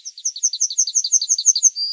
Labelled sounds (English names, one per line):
Yellowhammer song